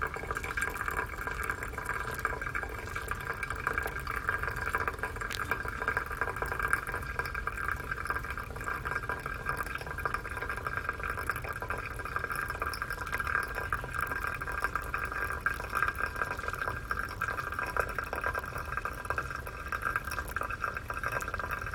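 Guatemala SHB coffee beans roasting, a steady, dense rushing roar with a constant mid-pitched hum running through it. Fine crackles and faint ticks are scattered throughout without clear pauses, and the level stays even from start to finish.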